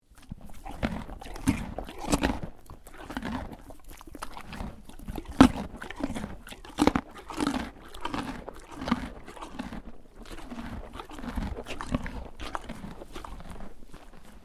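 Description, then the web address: Horse chewing: loud rhythmic crunching and munching, with many bites repeated throughout. Horse munching a carrot. "Lynne Music 2 Horse-Eating-Munching-Carrot"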